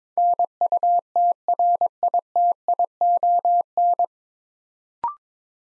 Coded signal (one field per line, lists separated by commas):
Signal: Morse code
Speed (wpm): 22 wpm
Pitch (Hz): 700 Hz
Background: none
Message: NUTRITION